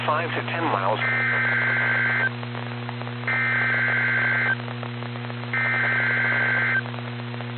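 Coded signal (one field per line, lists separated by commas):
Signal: Emergency Alert System (SAME) tones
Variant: header bursts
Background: speech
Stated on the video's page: NOAA Weather Radio alert tones from statewide tornado drills in Illinois and Kentucky, issued by several NWS offices.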